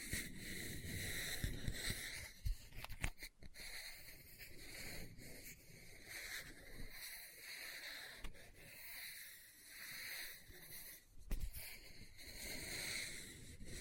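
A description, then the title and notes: Book sounds: a steady, dense scratching hiss runs through the whole clip, swelling and easing in slow waves. Sharp taps or flicks stand out every few seconds, with a cluster near the two-to-three-second mark and others around eight and eleven seconds. Book Tapping, Scratching, Page Turning.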